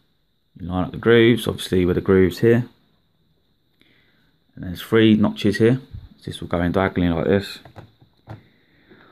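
On an HP Presario CQ60 laptop, a panel or battery is lined up with the grooves and notches of the laptop body and angled in diagonally while someone talks. A few faint handling taps are heard around 3.8, 4.6, 7.8 and 8.3 seconds. The part has not been pushed down yet, so nothing has seated or clicked into place.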